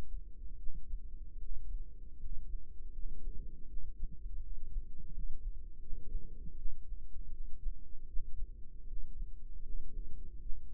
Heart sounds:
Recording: heart sounds by microphone in the right ear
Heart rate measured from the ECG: 79 bpm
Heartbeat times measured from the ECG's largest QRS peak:
0.55 s: heartbeat
1.37 s: heartbeat
2.16 s: heartbeat
2.90 s: heartbeat
3.65 s: heartbeat
4.38 s: heartbeat
5.10 s: heartbeat
5.77 s: heartbeat
6.53 s: heartbeat
7.28 s: heartbeat
8.05 s: heartbeat
8.84 s: heartbeat
9.60 s: heartbeat
10.38 s: heartbeat
From the record:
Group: healthy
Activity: rest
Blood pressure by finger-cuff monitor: 97/56 mmHg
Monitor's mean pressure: 72 mmHg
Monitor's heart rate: 75 bpm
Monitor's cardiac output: 6.9 L/min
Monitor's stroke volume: 90 mL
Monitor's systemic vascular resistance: 760 dyn s/cm5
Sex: female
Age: 26 years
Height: 165 cm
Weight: 55 kg

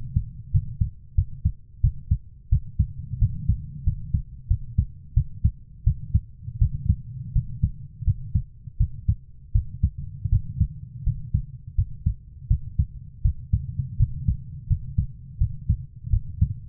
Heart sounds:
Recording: heart sounds by stethoscope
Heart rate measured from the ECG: 85 bpm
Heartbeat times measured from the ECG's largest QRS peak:
0.51 s: heartbeat
1.15 s: heartbeat
1.81 s: heartbeat
2.49 s: heartbeat
3.19 s: heartbeat
3.84 s: heartbeat
4.48 s: heartbeat
5.14 s: heartbeat
5.84 s: heartbeat
6.59 s: heartbeat
7.33 s: heartbeat
8.04 s: heartbeat
8.78 s: heartbeat
9.52 s: heartbeat
10.30 s: heartbeat
11.04 s: heartbeat
11.75 s: heartbeat
12.48 s: heartbeat
13.22 s: heartbeat
13.97 s: heartbeat
14.67 s: heartbeat
15.38 s: heartbeat
16.10 s: heartbeat
From the record:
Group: healthy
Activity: rest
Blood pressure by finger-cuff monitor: 125/75 mmHg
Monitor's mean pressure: 93 mmHg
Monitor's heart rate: 86 bpm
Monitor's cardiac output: 7.3 L/min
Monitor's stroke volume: 82 mL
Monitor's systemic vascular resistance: 960 dyn s/cm5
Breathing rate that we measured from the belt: 17 breaths a minute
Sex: female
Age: 24 years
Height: 163 cm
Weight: 55.7 kg

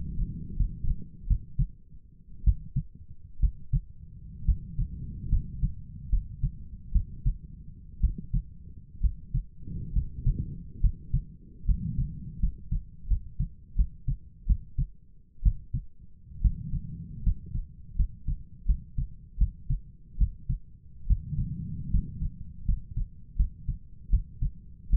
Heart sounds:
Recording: heart sounds by stethoscope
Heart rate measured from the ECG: 71 bpm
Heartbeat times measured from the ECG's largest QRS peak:
0.57 s: heartbeat
1.27 s: heartbeat
2.44 s: heartbeat
3.40 s: heartbeat
4.46 s: heartbeat
5.30 s: heartbeat
6.10 s: heartbeat
6.93 s: heartbeat
8.01 s: heartbeat
9.01 s: heartbeat
9.93 s: heartbeat
10.81 s: heartbeat
11.66 s: heartbeat
12.40 s: heartbeat
13.08 s: heartbeat
13.76 s: heartbeat
14.47 s: heartbeat
15.43 s: heartbeat
16.42 s: heartbeat
17.24 s: heartbeat
17.96 s: heartbeat
18.66 s: heartbeat
19.38 s: heartbeat
20.18 s: heartbeat
21.07 s: heartbeat
21.91 s: heartbeat
22.66 s: heartbeat
23.37 s: heartbeat
24.10 s: heartbeat
24.90 s: heartbeat
From the record:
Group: healthy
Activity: rest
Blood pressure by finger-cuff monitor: 130/65 mmHg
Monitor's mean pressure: 84 mmHg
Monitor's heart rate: 73 bpm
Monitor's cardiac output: 7.7 L/min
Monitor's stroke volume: 110 mL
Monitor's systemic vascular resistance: 800 dyn s/cm5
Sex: male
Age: 23 years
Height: 179 cm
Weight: 87 kg

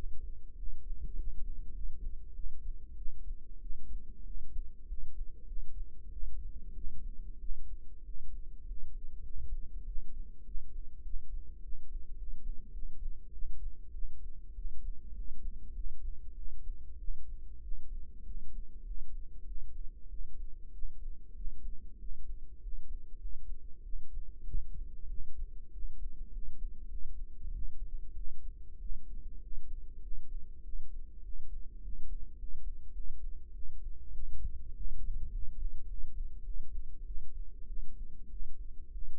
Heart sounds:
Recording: heart sounds by microphone in the right ear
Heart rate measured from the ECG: 99 bpm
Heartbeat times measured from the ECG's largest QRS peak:
0.55 s: heartbeat
1.15 s: heartbeat
1.71 s: heartbeat
2.33 s: heartbeat
2.94 s: heartbeat
3.59 s: heartbeat
4.23 s: heartbeat
4.86 s: heartbeat
5.45 s: heartbeat
6.09 s: heartbeat
6.73 s: heartbeat
7.37 s: heartbeat
8.02 s: heartbeat
8.65 s: heartbeat
9.22 s: heartbeat
9.84 s: heartbeat
10.43 s: heartbeat
11.02 s: heartbeat
11.61 s: heartbeat
12.15 s: heartbeat
12.71 s: heartbeat
13.31 s: heartbeat
13.91 s: heartbeat
14.53 s: heartbeat
15.13 s: heartbeat
15.73 s: heartbeat
16.34 s: heartbeat
16.97 s: heartbeat
17.60 s: heartbeat
18.23 s: heartbeat
18.83 s: heartbeat
19.44 s: heartbeat
20.08 s: heartbeat
20.71 s: heartbeat
21.33 s: heartbeat
21.98 s: heartbeat
22.60 s: heartbeat
23.18 s: heartbeat
23.82 s: heartbeat
24.43 s: heartbeat
25.06 s: heartbeat
25.70 s: heartbeat
26.30 s: heartbeat
26.86 s: heartbeat
27.51 s: heartbeat
28.13 s: heartbeat
28.77 s: heartbeat
29.39 s: heartbeat
29.99 s: heartbeat
30.61 s: heartbeat
31.21 s: heartbeat
31.81 s: heartbeat
32.36 s: heartbeat
32.92 s: heartbeat
33.51 s: heartbeat
34.11 s: heartbeat
34.73 s: heartbeat
35.30 s: heartbeat
35.86 s: heartbeat
36.42 s: heartbeat
37.04 s: heartbeat
37.65 s: heartbeat
38.28 s: heartbeat
38.90 s: heartbeat
From the record:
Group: healthy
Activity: rest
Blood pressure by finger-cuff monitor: 128/77 mmHg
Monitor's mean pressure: 92 mmHg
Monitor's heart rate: 98 bpm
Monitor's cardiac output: 8 L/min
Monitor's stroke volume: 80 mL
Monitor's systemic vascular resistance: 840 dyn s/cm5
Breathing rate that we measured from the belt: 17 breaths a minute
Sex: female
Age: 19 years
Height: 163 cm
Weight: 51 kg

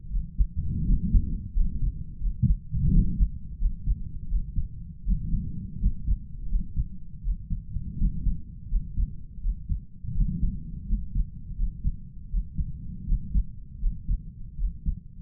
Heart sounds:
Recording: heart sounds by stethoscope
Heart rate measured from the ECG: 83 bpm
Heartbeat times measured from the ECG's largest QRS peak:
0.09 s: heartbeat
0.85 s: heartbeat
1.52 s: heartbeat
2.19 s: heartbeat
2.91 s: heartbeat
3.58 s: heartbeat
4.27 s: heartbeat
5.03 s: heartbeat
5.78 s: heartbeat
6.47 s: heartbeat
7.21 s: heartbeat
7.96 s: heartbeat
8.68 s: heartbeat
9.40 s: heartbeat
10.13 s: heartbeat
10.85 s: heartbeat
11.54 s: heartbeat
12.28 s: heartbeat
13.05 s: heartbeat
13.78 s: heartbeat
14.56 s: heartbeat
From the record:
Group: healthy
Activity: rest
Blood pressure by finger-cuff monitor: 93/60 mmHg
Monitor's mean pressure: 68 mmHg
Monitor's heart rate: 82 bpm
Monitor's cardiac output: 5.4 L/min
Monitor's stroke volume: 65 mL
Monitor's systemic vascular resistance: 880 dyn s/cm5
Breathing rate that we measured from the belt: 24 breaths a minute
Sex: male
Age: 22 years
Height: 181 cm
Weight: 60 kg

